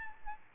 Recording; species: mosquito wingbeat signal from an infrared sensor; Aedes albopictus